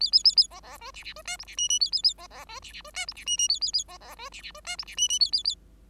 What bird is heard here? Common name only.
Bengalese Finch